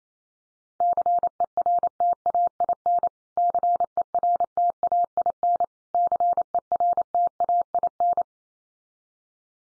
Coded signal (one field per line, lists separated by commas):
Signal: Morse code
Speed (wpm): 28 wpm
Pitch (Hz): 700 Hz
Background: none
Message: CERTAIN CERTAIN CERTAIN